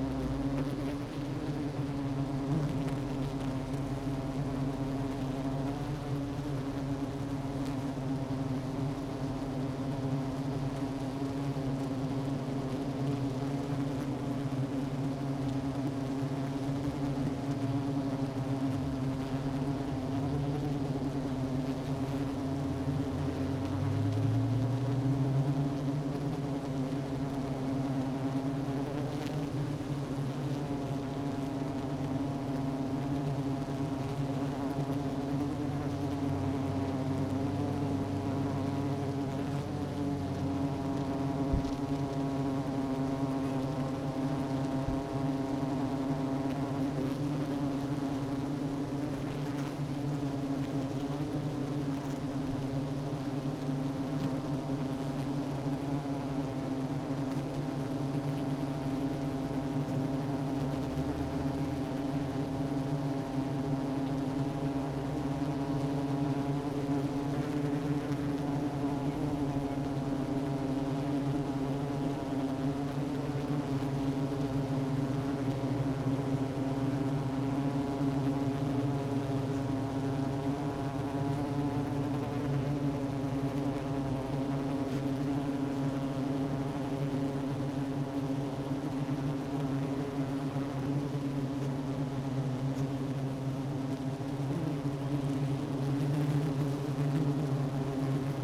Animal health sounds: honeybee colony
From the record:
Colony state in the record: active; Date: 12 June 2018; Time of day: 10:53

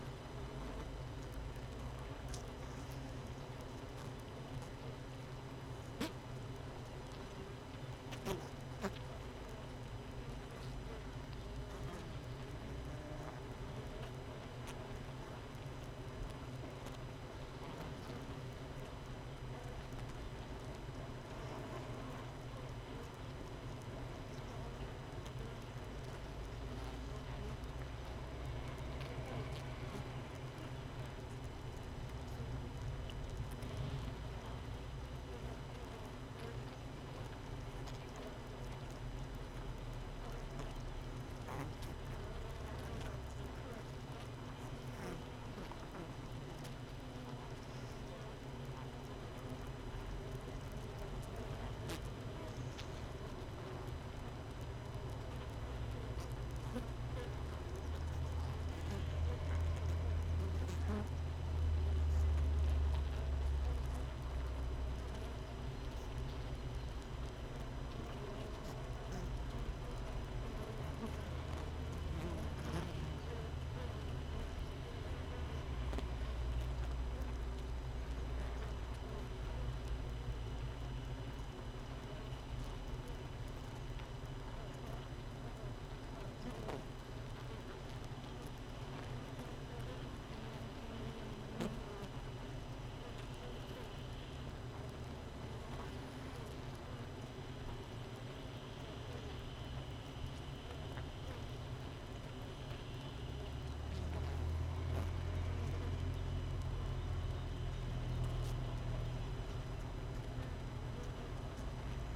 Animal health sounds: honeybee colony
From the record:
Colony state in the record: missing queen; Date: 31 May 2018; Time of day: 7:10

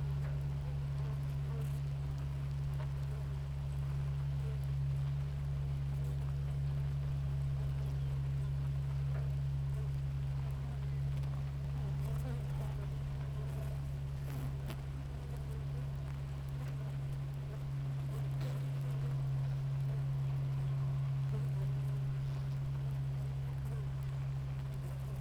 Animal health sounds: honeybee colony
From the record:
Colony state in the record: active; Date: 28 July 2017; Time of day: 6:41

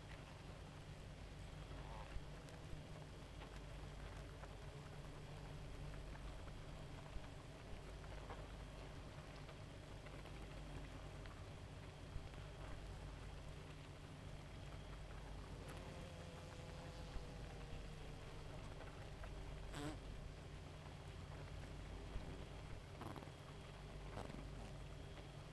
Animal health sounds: honeybee colony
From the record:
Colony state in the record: active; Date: 28 July 2017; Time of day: 0:52

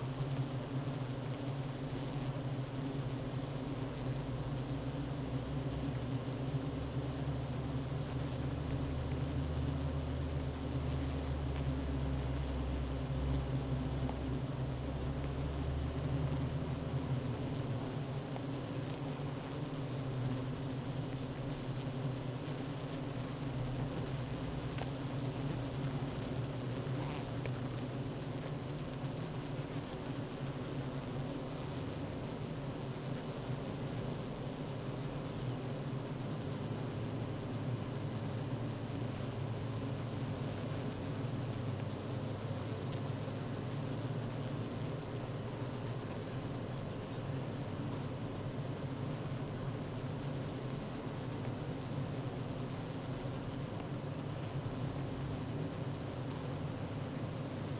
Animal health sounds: honeybee colony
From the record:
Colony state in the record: active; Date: 12 June 2018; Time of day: 9:53

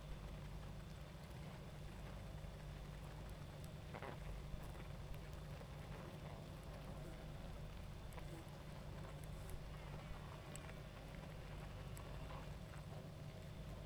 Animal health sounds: honeybee colony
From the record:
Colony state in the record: active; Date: 28 July 2017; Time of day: 21:46

